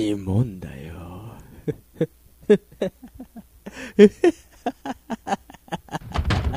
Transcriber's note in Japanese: 不気味な笑い